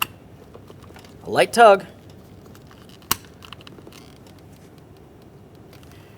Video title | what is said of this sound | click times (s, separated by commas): How to Replace Front Window Motors 2009-2014 Nissan Maxima | Just go ahead and line them up. Press them in. Listen for a click. | 0.0 s